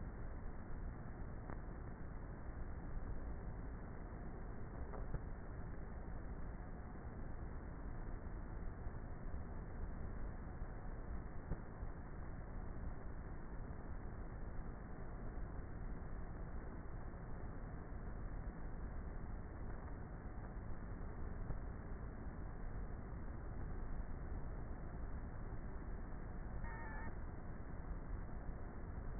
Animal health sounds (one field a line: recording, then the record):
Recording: honeybee colony, microphone inside the hive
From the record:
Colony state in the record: queenless with a low population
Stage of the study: before two queens were removed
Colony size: about 30,000 bees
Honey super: no